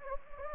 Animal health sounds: mosquito wingbeat signal from an infrared sensor; Anopheles gambiae

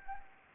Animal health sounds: mosquito wingbeat signal from an infrared sensor; Anopheles gambiae

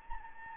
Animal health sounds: mosquito wingbeat signal from an infrared sensor; Anopheles gambiae

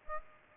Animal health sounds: mosquito wingbeat signal from an infrared sensor; Aedes aegypti

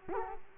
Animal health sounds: mosquito wingbeat signal from an infrared sensor; Culex quinquefasciatus

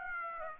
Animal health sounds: mosquito wingbeat signal from an infrared sensor; Aedes aegypti

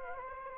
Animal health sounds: mosquito wingbeat signal from an infrared sensor; Anopheles arabiensis

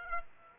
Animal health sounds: mosquito wingbeat signal from an infrared sensor; Aedes aegypti

